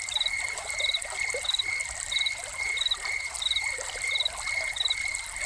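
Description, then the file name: Cricket's regular high chirps continue beneath a loud, rushing trickle of fountain water. Crickets heard together with a fountain, presented as a soundscape. "Crickets and Fountain"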